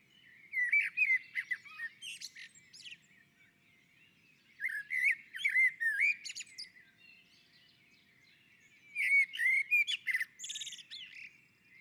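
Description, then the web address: Common blackbird singing three separate phrases, each a run of low fluty whistles ending in thin, high chattering twitters, with pauses of about two seconds. On a roof. "Naturinspelningar Koltrast på taket"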